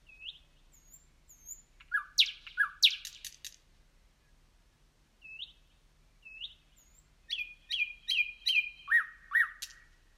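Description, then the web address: Nightingale song: soft upslurred whistles, then clicking notes and a run of repeated chopped phrases, with quiet pauses between bursts. "slowik nocny spiew slowika"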